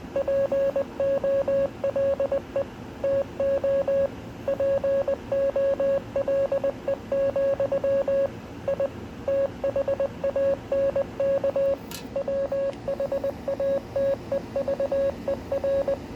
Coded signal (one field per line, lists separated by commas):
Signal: Morse code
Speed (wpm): 20 wpm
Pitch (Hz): 550 Hz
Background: radio noise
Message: POLE TO POLE, I THANK WHATEVER